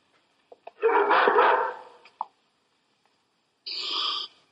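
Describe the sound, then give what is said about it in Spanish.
A frightened dog lets out a long, rough, drawn-out bark, then after a short pause gives a higher, strained yelp. No one speaks. “Su perro está asustado.”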